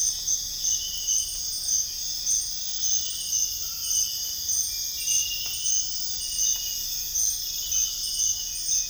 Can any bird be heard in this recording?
no